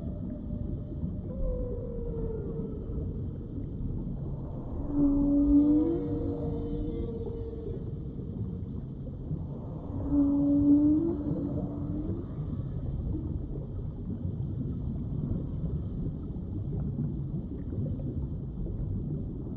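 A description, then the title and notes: Whale calls sound deep underwater: long gliding moans that slide downward, with clear tonal cries near 5 and 10 seconds. A steady low rumble of the sea fills the whole clip, and faint higher whines drift in between the calls. Whale Sounds. Gentle Whale noises deep underwater.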